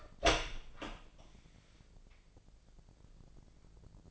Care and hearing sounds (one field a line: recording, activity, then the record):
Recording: daily activity, microphone in the room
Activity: open door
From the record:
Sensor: 5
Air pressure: 1012.4 hPa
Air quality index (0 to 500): 159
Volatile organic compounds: 2 ppm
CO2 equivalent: 1085 ppm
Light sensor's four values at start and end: 251/609/256/282 and 257/624/262/289